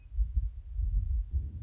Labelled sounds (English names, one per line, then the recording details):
Western Meadowlark
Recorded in Sonoma County, California